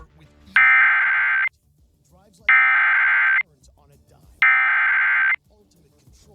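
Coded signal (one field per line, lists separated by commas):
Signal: Emergency Alert System (SAME) tones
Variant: header bursts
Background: speech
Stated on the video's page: NOAA Weather Radio received on a Reecom R-1630 weather radio recorded with a Zoom H1; TV relay captured from a Dish Network DVR receiver.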